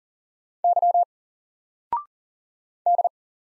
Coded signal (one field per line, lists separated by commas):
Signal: Morse code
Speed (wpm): 42 wpm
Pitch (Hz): 700 Hz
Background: none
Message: Y D